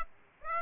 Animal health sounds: mosquito wingbeat signal from an infrared sensor; Aedes aegypti

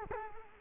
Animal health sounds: mosquito wingbeat signal from an infrared sensor; Culex quinquefasciatus

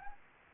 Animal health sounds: mosquito wingbeat signal from an infrared sensor; Anopheles gambiae

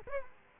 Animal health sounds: mosquito wingbeat signal from an infrared sensor; Culex quinquefasciatus

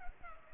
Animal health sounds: mosquito wingbeat signal from an infrared sensor; Culex pipiens

